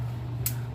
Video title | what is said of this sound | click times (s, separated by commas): 3 Inch Octokwad Frame-Only Build | push down slide back and you can kind of hear it click into place | 0.5 s